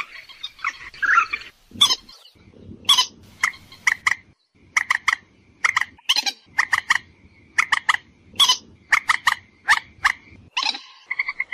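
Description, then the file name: Purple swamphen giving short nasal, clucking notes in quick pairs and triplets, broken by a few loud harsh screeches, with a low rumbling background. "Tieng trich re keu cuc chuan"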